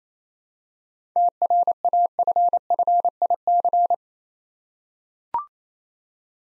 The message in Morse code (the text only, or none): TRAFFIC